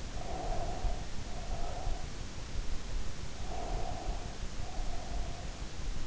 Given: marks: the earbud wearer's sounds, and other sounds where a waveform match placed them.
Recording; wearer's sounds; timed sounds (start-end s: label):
sounds in sleep by an in-ear microphone; breath
0.07-2.08 s: breath
3.41-5.63 s: breath